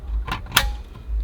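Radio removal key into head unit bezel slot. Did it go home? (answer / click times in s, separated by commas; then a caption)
yes / 0.6 s. A radio removal key is pushed into the left slot of the dash screen bezel of a Volkswagen Atlas, notch facing the center, until it latches. A softer scrape or tap sounds at about 0.3 s over a low rumble, then a sharp, bright click at 0.6 s as the key seats.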